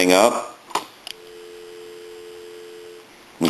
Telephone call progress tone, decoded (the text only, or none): dial tone